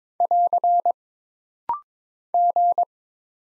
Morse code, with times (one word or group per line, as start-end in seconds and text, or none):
0.2-0.9 <AR>
2.3-2.8 G